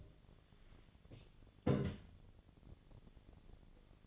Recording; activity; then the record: daily activity, microphone in the room; take from stove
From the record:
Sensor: 4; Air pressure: 1010.8 hPa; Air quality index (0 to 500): 168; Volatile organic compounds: 5 ppm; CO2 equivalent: 1706 ppm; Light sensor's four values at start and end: 40/114/46/47 and 39/112/45/46